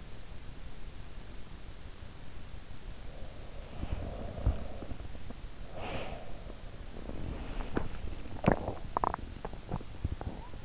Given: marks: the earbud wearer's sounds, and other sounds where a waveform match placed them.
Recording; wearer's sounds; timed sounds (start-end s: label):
sounds in sleep by an in-ear microphone; breath, teeth grinding
3.45-6.48 s: breath
6.88-10.65 s: teeth grinding